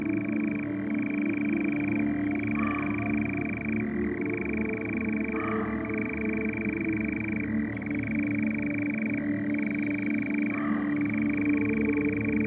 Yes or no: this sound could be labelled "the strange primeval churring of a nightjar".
yes